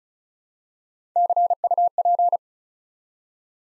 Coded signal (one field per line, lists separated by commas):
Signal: Morse code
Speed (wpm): 36 wpm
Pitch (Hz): 700 Hz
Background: none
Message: CUP